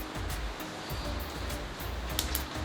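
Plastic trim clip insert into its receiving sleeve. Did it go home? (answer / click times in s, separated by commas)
yes / 2.2 s, 2.3 s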